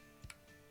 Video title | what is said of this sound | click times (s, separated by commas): Tech Tip: Remington 870 Basic Maintenance | trigger you should fill it reset you'll hear a click | 0.3 s